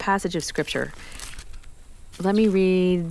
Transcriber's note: pages rustling